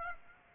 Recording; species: mosquito wingbeat signal from an infrared sensor; Aedes aegypti